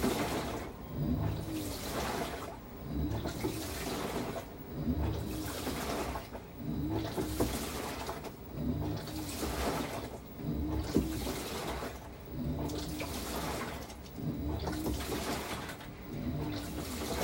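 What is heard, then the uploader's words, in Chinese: A washing machine churns, water sloshing in regular surges about every one to two seconds with low rumbling underneath. 洗衣機。轉一轉洗一洗。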